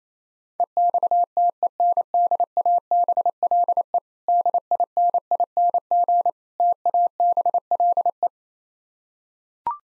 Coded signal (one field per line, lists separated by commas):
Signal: Morse code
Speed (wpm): 28 wpm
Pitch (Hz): 700 Hz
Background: none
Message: EXTENDABLE DINING TABLE